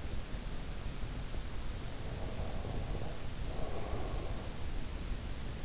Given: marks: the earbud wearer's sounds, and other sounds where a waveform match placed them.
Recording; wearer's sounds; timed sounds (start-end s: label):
sounds in sleep by an in-ear microphone; breath
2.07-4.47 s: breath